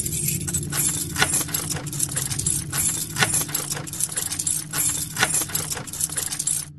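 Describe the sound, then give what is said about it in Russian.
A bunch of keys jangles and clinks in bright metallic bursts as a man on the porch of a small mansion nervously tries one key after another in the door lock, a key scraping and rattling in the keyhole, over a steady low hum throughout. “Лысеющий мужчина со следами грехов молодости на лице стоял на крыльце небольшого особняка и нервно теребил связку ключей, подбирая их к замку.”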